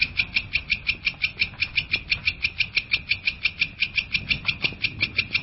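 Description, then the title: Long-tailed shrike song of rapid, evenly spaced buzzy chirps repeated several times a second without a break. Song of a champion competition bird. "Kicau Burung Cendet Juara"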